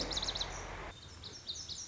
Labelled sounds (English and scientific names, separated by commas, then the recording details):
Lazuli Bunting (Passerina amoena)
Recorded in Sonoma County, California